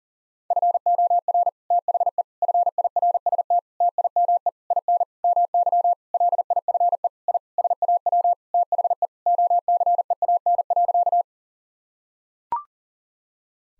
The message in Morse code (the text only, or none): FOR THE FIRST TIME IN MY LIFE I SAW THE OCEAN.